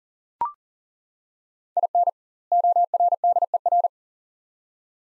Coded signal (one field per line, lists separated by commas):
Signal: Morse code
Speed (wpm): 40 wpm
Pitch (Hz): 700 Hz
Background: none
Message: IN ORDER